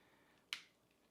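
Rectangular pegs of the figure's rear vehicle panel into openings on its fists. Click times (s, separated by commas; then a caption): 0.5 s. During transformation to vehicle mode, the folded-up back panel of a Hasbro Transformers Siege Crosshairs plastic action figure is pressed so its small rectangular pegs go into the openings on the sides of its fists. One sharp click is heard at 0.5 s against a quiet background as the pegs snap into place and seat.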